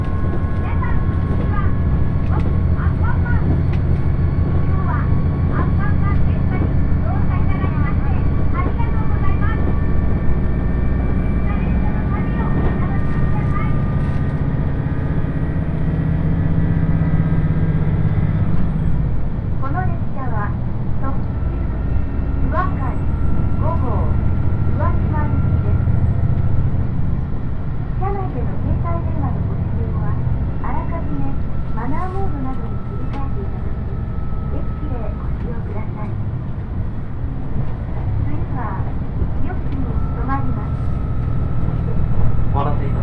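Aboard the Uwakai 5 diesel limited express on the Yosan Line, a steady low engine drone and rumbling run throughout, with humming tones above. Around 19 seconds the rumble shifts and thins a little, and scattered clicks, rattles and brief voices come and go.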